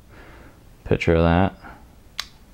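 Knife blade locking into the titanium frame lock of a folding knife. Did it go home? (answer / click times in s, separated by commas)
yes / 2.2 s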